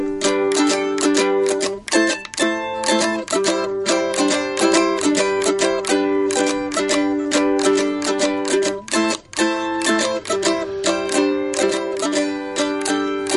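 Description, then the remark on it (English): A plugged-in electric mandolin, played as a live demo, plays a steady run of quick, bright strummed chords with sharp plucked attacks and sustained ringing notes, loud and continuous with no voices. “Well, demo your mandolin for us, if you would, because he's plugged in and everything.”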